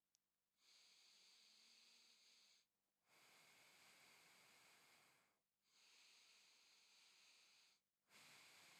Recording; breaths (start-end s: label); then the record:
nose breathing near a microphone
0.34-2.74 s: inhalation
2.74-5.49 s: exhalation
5.49-7.89 s: inhalation
7.89-8.80 s: exhalation
From the record:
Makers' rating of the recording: medium